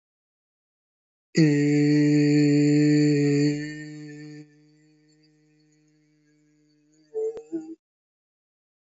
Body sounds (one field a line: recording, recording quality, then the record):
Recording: sustained vowel as in made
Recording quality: excellent, no background noise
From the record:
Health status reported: healthy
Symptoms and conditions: hypertension, diabetes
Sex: male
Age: 59 years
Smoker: not ticked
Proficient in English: yes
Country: India